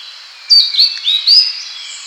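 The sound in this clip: Citrine flycatcher singing a brief run of three or four sharp, high whistled slurs in quick succession, with a constant high background hiss.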